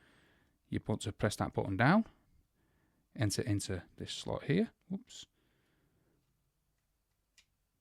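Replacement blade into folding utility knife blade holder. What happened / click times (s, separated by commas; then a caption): The blade was handled but not yet clicked home / none. Someone talks while pressing the release button and sliding a new steel replacement utility blade into the slot of the blade holder on an OX Tools Pro Heavy Duty Fixed Blade Folding Knife. The talking stops, and a faint short tick comes near 7.4 seconds. The blade is only being handled and has not seated or clicked into the holder yet.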